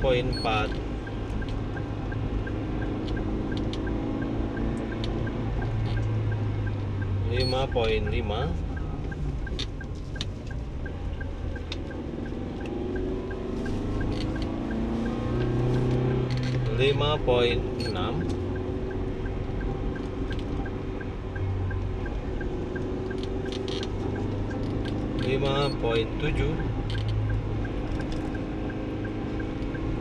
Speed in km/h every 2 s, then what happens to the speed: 50, 45, 42, 40, 37, 37, 38, 39, 41, 44, 47, 49, 50, 50, 52.
0-11 slows to 37. 11-30 speeds up to 52.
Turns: none.